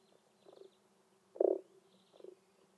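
Frog croaking in three short, low pulsed bursts, the middle one loudest, over a faint steady background hum.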